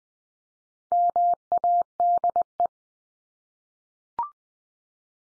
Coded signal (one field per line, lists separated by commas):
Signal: Morse code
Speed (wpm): 20 wpm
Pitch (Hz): 700 Hz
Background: none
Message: MADE